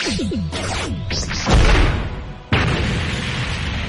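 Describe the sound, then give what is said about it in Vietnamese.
Sweeping whooshes rise into a loud, deep booming explosion that rumbles and fades, then a second sharp blast erupts into a sustained roaring crackle. No voices are heard. “trong sát na cùng tiến đến tiểu kiếm màu lam va chạm, tiếng nổ đinh tai nhức óc truyền ra.”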